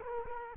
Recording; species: mosquito wingbeat signal from an infrared sensor; Culex quinquefasciatus